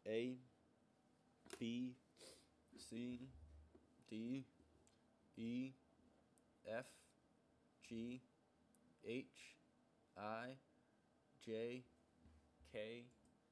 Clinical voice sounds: letters of the alphabet, spoken; free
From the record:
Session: seven days later

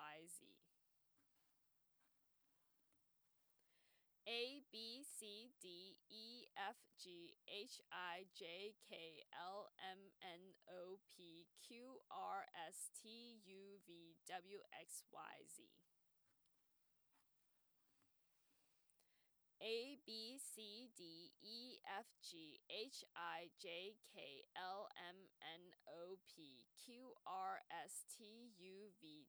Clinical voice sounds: letters of the alphabet, spoken; free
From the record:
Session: first day, before the bite bar

